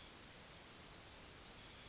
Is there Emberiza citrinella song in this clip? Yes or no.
no